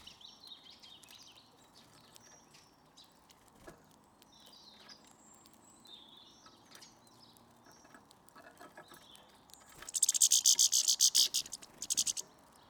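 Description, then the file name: European goldfinch calls: scattered thin, high whistled notes for most, then a loud burst of rapid buzzy, stuttering pulses near the end. "Carduelis carduelis"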